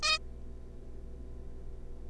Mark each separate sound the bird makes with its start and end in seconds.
0.03-0.18